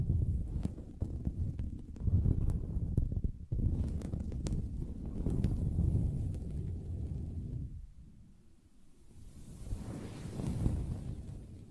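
Soft fabric is tapped and scratched, giving a dense, muffled low rustle broken by quick sharp taps, most frequent in the first five seconds. Around eight seconds the activity drops to a quiet lull, then a softer, airier scratching swells back near ten seconds.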